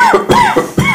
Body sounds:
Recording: coughing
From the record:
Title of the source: Mid-morning Winter Coughing Fit

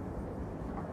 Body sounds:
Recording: background sound without coughing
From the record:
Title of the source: Train Ride Ambience ambient white noise for sleeping, focus, studying, reading

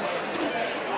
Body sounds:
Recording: coughing mixed with background sound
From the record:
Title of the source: 60 coughing still (deep and wet cough)

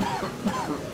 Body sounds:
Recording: coughing mixed with background sound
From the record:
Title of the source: Spring Allergy Coughing

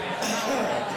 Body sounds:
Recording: coughing mixed with background sound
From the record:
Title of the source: Spring Cold Coughing 3

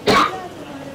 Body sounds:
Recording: coughing mixed with background sound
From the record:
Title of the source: Barking cough - # 10

